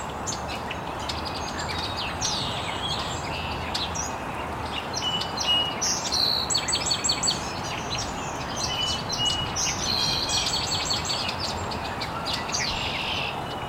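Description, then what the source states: Birds: bird chorus with rapid repeated chirps and short trills from several birds, against a constant rushing noise. Birds chirping very early in the morning in an estuary.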